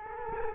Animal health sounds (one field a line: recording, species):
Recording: mosquito wingbeat signal from an infrared sensor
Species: Culex quinquefasciatus